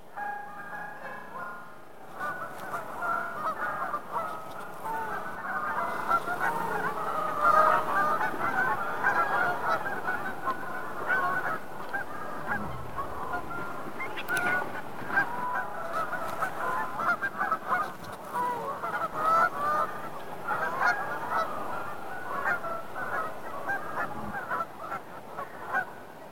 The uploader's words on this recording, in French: Variations sur le chant des oiseaux au lac du Héron de Villeneuve d'Ascq en Hivers.